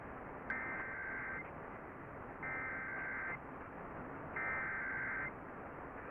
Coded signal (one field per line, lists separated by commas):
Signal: Emergency Alert System (SAME) tones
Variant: header bursts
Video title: Ohio Required Monthly Tests (EAS #555-556)